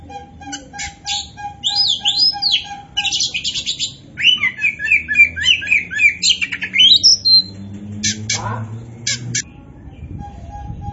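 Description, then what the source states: Oriental magpie-robin singing a varied stream of whistles, harsh buzzy notes and rapid chatter. Singing in full voice ('gacor'); Indonesian name kacer poci.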